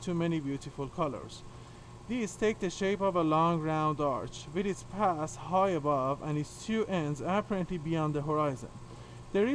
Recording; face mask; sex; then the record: reading aloud; surgical mask; male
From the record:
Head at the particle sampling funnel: tilted down, bridge of the nose in front of it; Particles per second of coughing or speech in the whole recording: 2.92